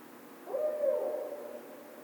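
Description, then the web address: Barred owl giving a single drawn-out hoot that swells quickly, holds a steady pitch for about a second, then fades. Recorded 16 March 2010. "Barred Owl 2010 03 16 Barred Owl"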